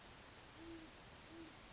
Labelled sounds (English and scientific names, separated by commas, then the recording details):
Great Horned Owl (Bubo virginianus)
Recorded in Sonoma County, California